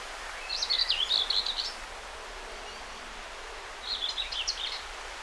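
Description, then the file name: Common whitethroat song: two short scratchy, chattering phrases a few seconds apart, the second softer, over a steady background hiss. Recorded 20 May 2009. "20090520 whitethroat"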